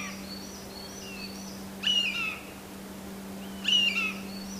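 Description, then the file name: Eurasian jay, two rasping calls roughly two seconds apart, with soft high chirps of a second bird and a constant low hum. "kakesu"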